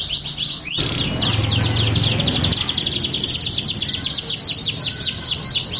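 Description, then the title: Belgian canary trilling rapidly and continuously in high notes, with a low rumbling noise underneath during the first seconds. Song played to warm up canaries and prompt them to sing; said to make canaries join in within seconds. "Canto Para Esquentar Canário Belga. LANGSUNG NYAUT. Pancingan suara kenari hitungan detik langsung ikut bunyi"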